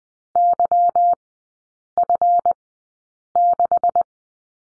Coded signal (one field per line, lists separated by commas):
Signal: Morse code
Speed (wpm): 20 wpm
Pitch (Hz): 700 Hz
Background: none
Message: YF6